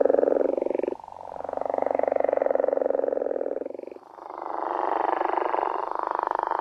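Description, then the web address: Gopher frog calling with deep, rattling snore-like notes, three in a row with brief breaks, the pitch of the drone shifting between calls. Recorded in North America. "Songs of Frogs Toads of North America. Gopher Frog"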